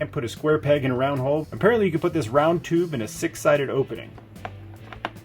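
Someone talks over background music while pushing a round plastic tube into a six-sided opening on a Star Wars Black Series Snowspeeder toy vehicle, with a few brief plastic taps and knocks near the end. The tube does not go in, and nothing has seated or clicked yet.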